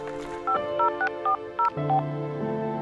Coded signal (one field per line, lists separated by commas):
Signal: DTMF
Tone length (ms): 110 ms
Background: music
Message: 50640